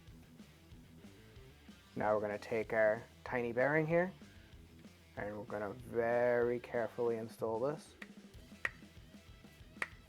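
A tiny bearing is handled as it is about to be carefully installed into its housing, while someone talks over quiet background music. Two sharp, short ticks follow at about 8.7 s and 9.8 s. Nothing has seated or clicked into place yet.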